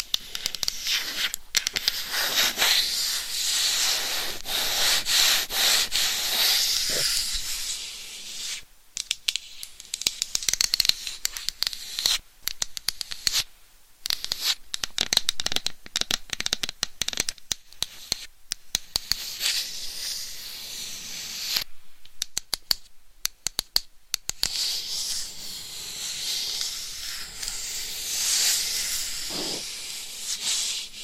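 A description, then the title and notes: Scratching against a microphone, a dense, hissy rubbing and sanding sound that fills the top end. It comes in uneven bursts with frequent abrupt cut-outs and short gaps, notably near 9, 14 and 22 seconds, and grows steadier and brighter again toward the end. Mic Scratching & Tapping.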